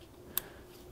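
The electrical plug for the camshaft magnet (solenoid) is pushed onto its socket at the front of a Mercedes W203's M272 engine while the connectors are reattached during an intake manifold replacement and swirl flap repair. Against a low, steady background, one short, sharp click rings out at 0.4 s. The plug is seated on the camshaft magnet.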